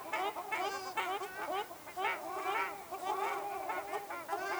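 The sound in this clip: Ruddy shelduck honking calls from several birds, nasal arched honks overlapping almost continuously in a busy chorus.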